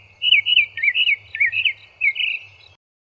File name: kicauan-burung-northern-mockingbird -omkicau